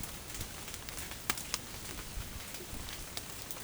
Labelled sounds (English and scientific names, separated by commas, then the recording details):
none
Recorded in dense forest near Puerto Asís, Putumayo, Colombia, on 30 June 2025 at 12:30
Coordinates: 0.503, -76.323
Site G059